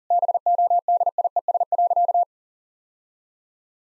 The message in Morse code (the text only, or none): BODIES.